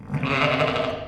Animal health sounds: contact call of a hoofed animal; sheep; low-frequency (closed-mouth) or high-frequency (open-mouth) call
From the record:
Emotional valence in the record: negative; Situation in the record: short social isolation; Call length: 1.08 s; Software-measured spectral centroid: 1790 Hz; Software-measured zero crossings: 1910 a second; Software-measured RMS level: -24 dBFS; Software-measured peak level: -5 dBFS

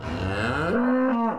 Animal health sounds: contact call of a hoofed animal; cattle; low-frequency (closed-mouth) or high-frequency (open-mouth) call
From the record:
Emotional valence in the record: negative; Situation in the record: full separation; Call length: 1.39 s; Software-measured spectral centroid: 1310 Hz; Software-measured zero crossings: 1350 a second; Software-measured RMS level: -24 dBFS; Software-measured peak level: -13 dBFS

